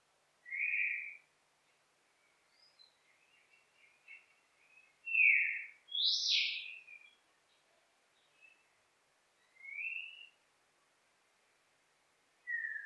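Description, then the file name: Bird calling with varied short notes, some falling and some rising, one loud high sweep in the middle and soft twittering between, quiet background. "Exotic Bird"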